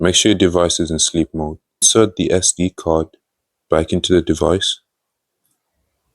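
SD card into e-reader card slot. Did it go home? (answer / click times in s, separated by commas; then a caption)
no / none. An SD card is brought to the card slot of an Xteink X4 e-reader, which is in sleep mode, and lined up before insertion. Someone talks, and then after a pause a faint tick is heard at about 5.5 s. The card has not been pushed home and nothing has clicked yet.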